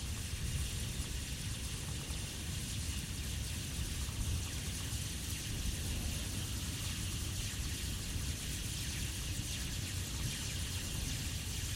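Electrical lines hiss and crackle in the wind, a steady, dense bright fizz that holds unchanged for the whole stretch. Beneath it a low, rumbling wind roar presses constantly, with no distinct events standing out.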